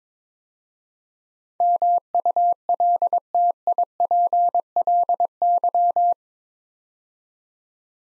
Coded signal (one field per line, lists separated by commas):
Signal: Morse code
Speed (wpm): 23 wpm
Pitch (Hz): 700 Hz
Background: none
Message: MULTIPLY